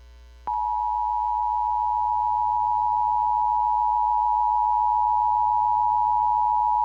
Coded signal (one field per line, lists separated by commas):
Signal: Emergency Alert System (SAME) tones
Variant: 853 and 960 Hz attention tone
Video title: EAS National Periodic Test from US Territory of Guam (National Test)